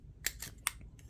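The plastic kickstand on a Samsung Galaxy Z Flip 5 phone case is flicked open, and it pops out with a sharp click at 0.7 s. A few softer clicks come before and after it.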